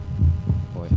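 Soft, deep thumps recur through a one-second stretch over a steady low hum, the dull beats of a heart through a stethoscope. These are normal heart sounds, made as the heart contracts and relaxes.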